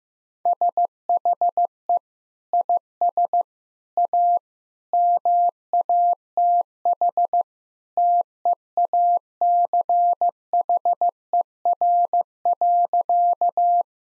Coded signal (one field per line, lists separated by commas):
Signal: Morse code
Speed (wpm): 15 wpm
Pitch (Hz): 700 Hz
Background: none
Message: SHE IS A MATH TEACHER.